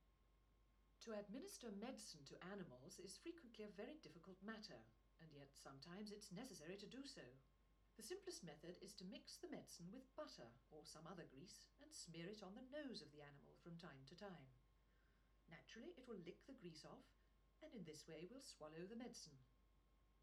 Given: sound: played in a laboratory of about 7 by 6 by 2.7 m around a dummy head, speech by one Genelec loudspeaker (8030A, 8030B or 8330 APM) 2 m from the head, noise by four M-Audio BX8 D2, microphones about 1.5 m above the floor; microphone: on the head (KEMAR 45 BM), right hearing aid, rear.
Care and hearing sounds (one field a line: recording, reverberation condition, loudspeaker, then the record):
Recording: female speech in English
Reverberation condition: low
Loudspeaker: 90 degrees to the right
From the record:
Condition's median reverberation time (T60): about 310 ms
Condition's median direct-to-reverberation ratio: about 3.5 dB